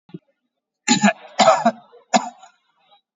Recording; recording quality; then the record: heavy voluntary cough; excellent, no background noise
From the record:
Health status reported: COVID-19 positive, mild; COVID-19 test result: positive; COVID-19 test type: RT-PCR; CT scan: taken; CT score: 10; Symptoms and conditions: cough, cold, sore throat, fatigue, loss of smell and taste, diabetes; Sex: male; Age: 39 years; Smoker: no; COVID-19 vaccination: none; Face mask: worn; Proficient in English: yes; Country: India